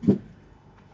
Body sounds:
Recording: background sound without coughing

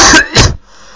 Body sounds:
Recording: coughing

